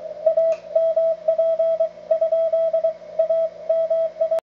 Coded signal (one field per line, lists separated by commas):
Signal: Morse code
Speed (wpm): 24 wpm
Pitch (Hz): 650 Hz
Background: radio noise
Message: AMP? AMI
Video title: Collins 32V2 - 75A4 QSO N4LQ and WB4DBO